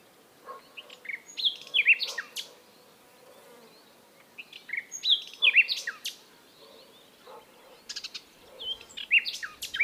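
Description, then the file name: Common nightingale song in short bursts of varied whistles and rapid notes, separated by pauses of a couple of seconds. "Luscinia megarhynchos"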